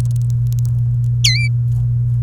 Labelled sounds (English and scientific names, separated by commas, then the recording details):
Domestic Canary (Serinus canaria) song
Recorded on 30 April 2018 at 05:42
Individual llb3